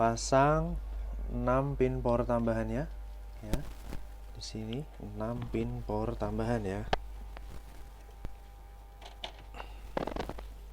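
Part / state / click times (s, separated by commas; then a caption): 6-pin PCIe power plug into a graphics card socket / seated / 9.2 s, 10.0 s. Someone talks while a 6-pin PCIe power cable is pushed into the power socket of an MSI GeForce GTX 1050 Ti Gaming X 4GB GDDR5 Twin Frozr VI graphics card. Sharp latch clicks land at 9.2 s and 10.0 s, with a few softer ticks around them. The plug is seated and locked solid.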